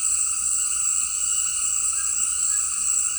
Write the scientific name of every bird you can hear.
Ramphastos tucanus